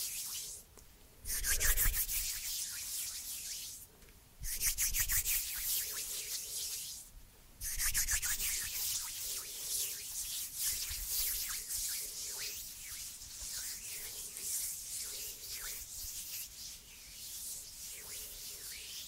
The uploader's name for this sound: Cozy hand sounds and movements